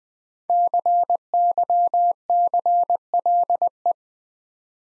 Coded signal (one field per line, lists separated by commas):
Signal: Morse code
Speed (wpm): 20 wpm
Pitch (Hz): 700 Hz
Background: none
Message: CYCLE